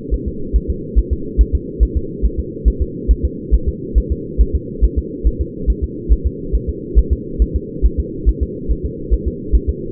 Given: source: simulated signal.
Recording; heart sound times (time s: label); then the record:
fetal heart sounds
0.14 s: S1
0.28 s: S2
0.56 s: S1
0.70 s: S2
0.99 s: S1
1.13 s: S2
1.41 s: S1
1.55 s: S2
1.83 s: S1
1.97 s: S2
2.25 s: S1
2.40 s: S2
2.68 s: S1
2.82 s: S2
3.11 s: S1
3.25 s: S2
3.55 s: S1
3.69 s: S2
3.98 s: S1
4.12 s: S2
4.41 s: S1
4.55 s: S2
4.84 s: S1
4.98 s: S2
5.27 s: S1
5.41 s: S2
5.70 s: S1
5.84 s: S2
6.12 s: S1
6.27 s: S2
6.55 s: S1
6.69 s: S2
6.98 s: S1
7.13 s: S2
7.42 s: S1
7.56 s: S2
7.86 s: S1
8.00 s: S2
8.29 s: S1
8.43 s: S2
8.71 s: S1
8.86 s: S2
9.14 s: S1
9.28 s: S2
9.55 s: S1
9.70 s: S2
From the record:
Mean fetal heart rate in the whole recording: 140 bpm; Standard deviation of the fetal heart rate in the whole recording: 2 bpm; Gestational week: 34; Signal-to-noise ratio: -4.3 dB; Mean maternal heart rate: 72 bpm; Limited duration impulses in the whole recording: present